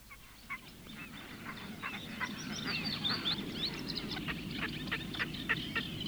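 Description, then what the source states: Red-necked Grebe calling in a rapid series of short, harmonic notes, over a steady low background rumble. Field recording.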